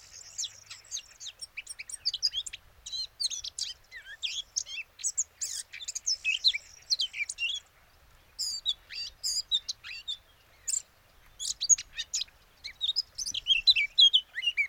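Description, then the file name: Eurasian blackcap song: fast, varied warbling bursts of high chirps and slurred notes, delivered in phrases of one to two seconds with short pauses, a brief gap near eight seconds. "Sylvia atricapilla"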